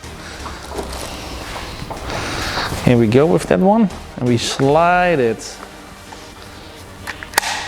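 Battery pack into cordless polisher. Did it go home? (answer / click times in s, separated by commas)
yes / 7.4 s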